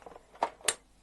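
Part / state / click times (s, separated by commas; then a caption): plastic hull panel into a scale model submarine hull / seated / 0.4 s, 0.7 s. A plastic panel section of a scale model submarine hull, the U96 U-boat, is pushed into place without glue. Faint small clicks come first, then two sharp snaps at 0.4 s and 0.7 s. The panel seats in the hull.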